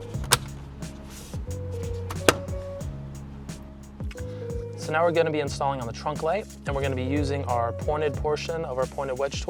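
A plastic lens cover is popped onto the vanity mirror light housing of a 2014–2020 fourth-generation Jeep Cherokee during an interior LED upgrade. Several clicks are heard over background music, with two loud snaps at 0.3 and 2.3 seconds as the cover seats, and then someone talks.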